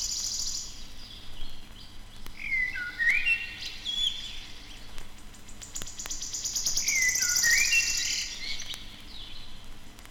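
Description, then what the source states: Common Blackbird song: two mellow, fluting whistled phrases of slurred notes, separated by a pause, interrupted by high buzzing trills of a Wood Warbler. Singing far off, solemnly and a little sadly; interrupted by a wood warbler.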